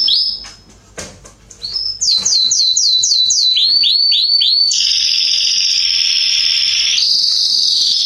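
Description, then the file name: Canary song: a few chirps, then two series of quick repeated swooping notes, stepping lower, leading into a long, loud rolling trill. "canto do canario belga salsa"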